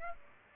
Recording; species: mosquito wingbeat signal from an infrared sensor; Aedes aegypti